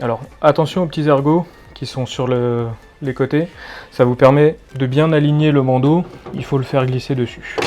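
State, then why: Not seated. A plastic control panel cover is aligned on its side lugs and slid onto a washing machine's control board assembly while someone talks. The cover has not yet clipped into place, and nothing has seated or clicked by the end of the clip.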